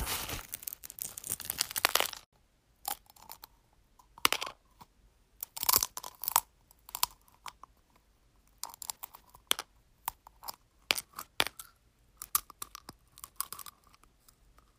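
Crunching eggs, opening with a dense two-second burst of crackling, then irregular sharp crunches and crinkles every half second or so. Each snap is bright and brittle, some in quick clusters, with near silence between them.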